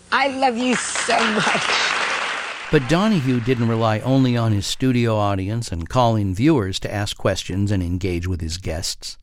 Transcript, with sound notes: I love you so much.
(APPLAUSE)
But Donahue didn't rely only on his studio audience and call-in viewers to ask questions and engage with his guests.